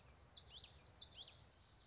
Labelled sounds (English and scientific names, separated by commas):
Common Yellowthroat (Geothlypis trichas)